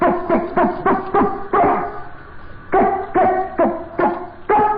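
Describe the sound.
Dolphin chattering in quick runs of nasal, harmonic squeaks that dip in pitch, with a brief lull in the middle before the pulses resume.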